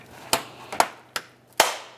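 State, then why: Seated. A front emblem for a 2000-2006 Chevrolet Tahoe is pressed into the plastic grille with its two locking tabs lined up with their holes, giving a series of sharp, short clicks and taps over a low background hum. The two locking tabs snap home at 0.8 s and 1.6 s, and the emblem is seated.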